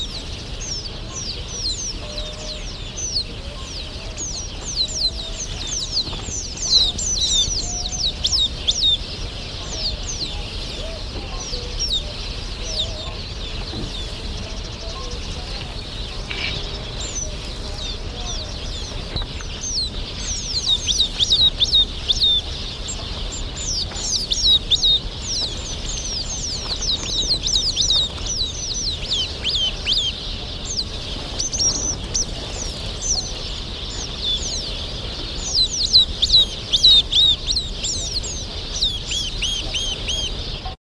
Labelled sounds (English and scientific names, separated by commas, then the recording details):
Arabian Babbler (Turdoides squamiceps) call
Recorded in the wild
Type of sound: call
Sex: group
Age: adult
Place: Ein Hatzeva, Arabah, IL
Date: 1984-03-17
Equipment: Halbspur, 9,5 cm/s
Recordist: Lütgens, Hans
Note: Rufe, ca. 25 Tiere